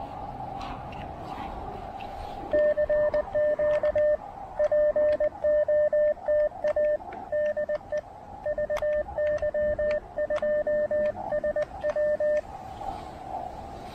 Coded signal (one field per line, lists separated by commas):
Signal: Morse code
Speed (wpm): 20 wpm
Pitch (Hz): 600 Hz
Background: radio noise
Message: CQ POTA DE VY2SW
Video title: POTA Jitters: My First POTA activation as VY2SW in Canada!